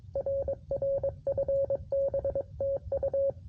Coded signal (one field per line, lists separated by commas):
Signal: Morse code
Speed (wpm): 22 wpm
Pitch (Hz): 550 Hz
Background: radio noise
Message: R R FB TU